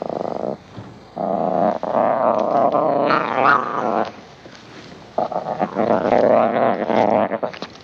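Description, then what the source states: Lion giving long, rough, sustained growls with short breaks, a steady grumbling fuss that resumes loudly after a pause. Lion fussing and playing.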